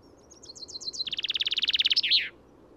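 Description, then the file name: Common chaffinch singing one phrase: light notes speeding into a loud rhythmic trill that closes with an emphatic terminal flourish, lasting about two seconds. "Fringilla coelebs"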